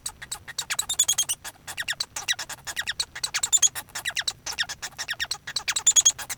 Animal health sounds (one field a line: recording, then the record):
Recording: song of a male Bengalese finch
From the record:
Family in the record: son of father 1